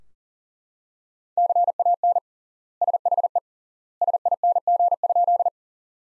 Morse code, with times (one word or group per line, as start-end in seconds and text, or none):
1.4-2.2 CAN
2.8-3.4 SHE
4.0-5.5 SING?